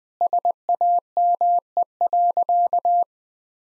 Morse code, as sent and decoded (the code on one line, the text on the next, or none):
... .- -- . .-.-.-
SAME.